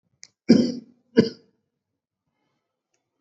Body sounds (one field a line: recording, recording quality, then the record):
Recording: shallow voluntary cough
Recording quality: excellent, no background noise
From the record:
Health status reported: COVID-19 positive, mild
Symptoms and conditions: cough, fever, fatigue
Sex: male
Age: 62 years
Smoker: not ticked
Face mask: not worn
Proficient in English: yes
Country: India